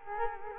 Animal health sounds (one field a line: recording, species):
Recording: mosquito wingbeat signal from an infrared sensor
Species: Culex quinquefasciatus